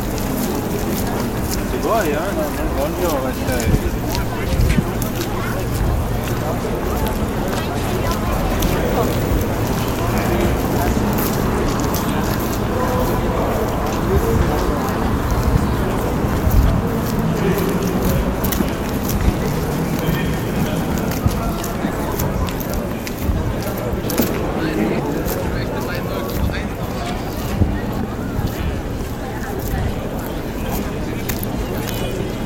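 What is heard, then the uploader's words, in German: Lübeck's old town comes through as a dense, unbroken murmur of many voices talking at once. A low, steady engine-like drone hums beneath the chatter throughout, with scattered clicks and taps breaking through at irregular moments. ASMR in der Altstadt von Lübeck: Ambient 3D-Sound. Es ist Abend geworden.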